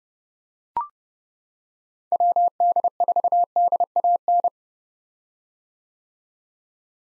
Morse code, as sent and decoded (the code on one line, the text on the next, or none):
.-- -.. ....- -.. .- -.
WD4DAN